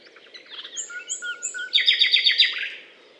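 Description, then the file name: Common nightingale: a few soft pure whistles, then a quick loud series of repeated ringing notes that fades away. Recorded on a limestone hill, Butte calcaire de Gratacap, France, on 19 May 2012. "rossignol philomele Butte calcaire de Gratacap"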